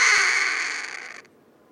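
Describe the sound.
Harris's hawk giving a single harsh, rasping scream that starts loud and trails off over about a second, then stops abruptly, leaving quiet background.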